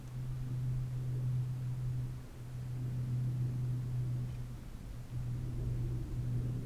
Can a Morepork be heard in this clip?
no